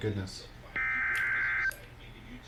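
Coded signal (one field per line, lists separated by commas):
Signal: Emergency Alert System (SAME) tones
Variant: header bursts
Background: speech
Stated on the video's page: Severe weather SAME alerts received on NOAA Weather Radio and on a broadcast station.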